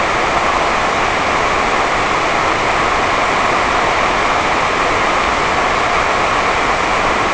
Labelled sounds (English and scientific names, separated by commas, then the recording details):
none
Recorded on Arctic tundra, site NAIT-1, on 28 June 2018
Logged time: 11:00